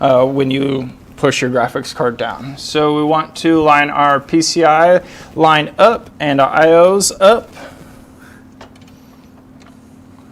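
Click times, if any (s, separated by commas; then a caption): none. Someone talks while a large graphics card is lined up with the motherboard's PCIe slot and rear IO slots before being pressed down. After the talking, only faint handling taps and small knocks are heard over a low steady hum. The card has not yet seated or clicked into the slot.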